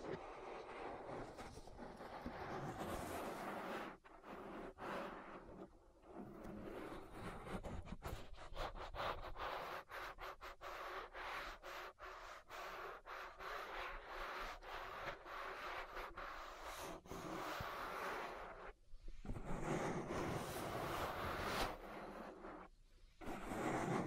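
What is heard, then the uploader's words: Ear massage sounds of dense, bright rubbing and scratching, broken by quick rhythmic gaps through the middle, with brief pauses near 4, 6 and 19 seconds. ASMR Relaxing Ear Massage. (No Talking).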